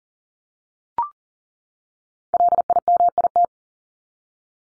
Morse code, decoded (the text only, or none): LIMIT